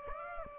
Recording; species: mosquito wingbeat signal from an infrared sensor; Aedes aegypti